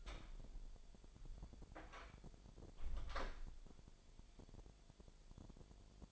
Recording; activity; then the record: daily activity, microphone in the room; close door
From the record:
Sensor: 5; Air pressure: 1007.7 hPa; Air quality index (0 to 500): 152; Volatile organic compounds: 3 ppm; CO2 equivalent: 1457 ppm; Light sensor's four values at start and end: 57/161/63/63 and 58/163/63/63